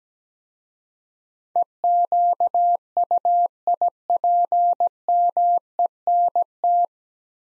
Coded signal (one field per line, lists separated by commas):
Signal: Morse code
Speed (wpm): 17 wpm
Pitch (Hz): 700 Hz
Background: none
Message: EQUIPMENT